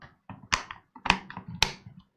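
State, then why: Seated. An internal panel is fitted into an ACEMAGIC M5 mini PC chassis, tipped so its switch goes through the chassis hole first and then lowered down. Soft handling taps and scrapes lead to sharp snaps, with the panel clicking into place at 1.1 s and 1.6 s. The panel is seated.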